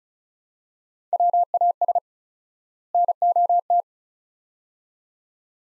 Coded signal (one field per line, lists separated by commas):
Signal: Morse code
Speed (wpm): 36 wpm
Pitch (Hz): 700 Hz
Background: none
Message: WAS NOT